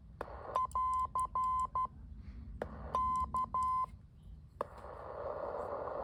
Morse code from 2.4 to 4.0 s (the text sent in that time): K